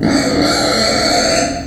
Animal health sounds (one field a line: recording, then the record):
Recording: squeal of a Yucatan mini pig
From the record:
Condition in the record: before surgery on the right vocal fold (resection and tissue-engineered implant)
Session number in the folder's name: 3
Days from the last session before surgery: 0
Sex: female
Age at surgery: 19 weeks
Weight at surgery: 25 kg